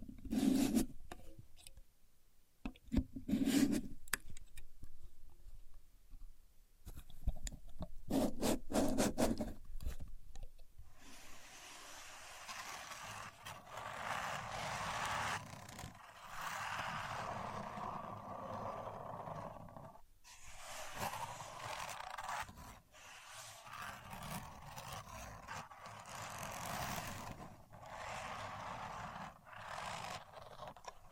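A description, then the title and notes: Someone works a contour gauge, its pins clicking and sliding. The first ten seconds bring sharp, scattered clicks and taps with brief pauses, then a long, fairly steady rubbing and scraping with small swells and dips continues to the end. Using A Contour Gauge (No Talking).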